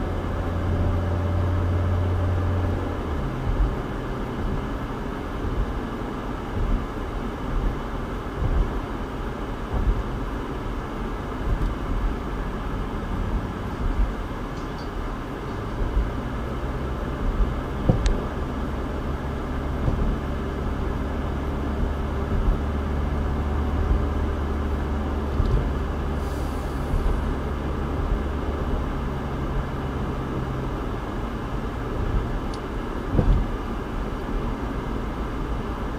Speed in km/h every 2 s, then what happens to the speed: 69, 71, 71, 71, 69, 69, 53, 50, 53, 58, 61, 66, 69, 71, 74, 74, 74, 69.
0-9 steady at about 71. 9-13 brakes to 50. 16-28 speeds up to 74.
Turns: none.